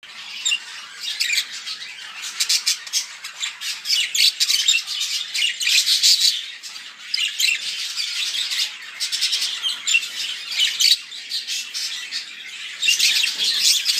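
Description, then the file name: Budgerigar chattering warble, a dense stream of rapid scratchy chirps and squawks pulsing on and off, with brief quieter gaps between bursts. Show-type budgerigar from a breeder. "vystavocnyi volnistyi popugai cex pitomnik king parrotru"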